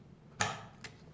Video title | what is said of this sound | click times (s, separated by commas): How to install a CPU and RAM onto a motherboard | and you should hear that little snap you should not have to force it if you're forcing it | 0.4 s, 0.8 s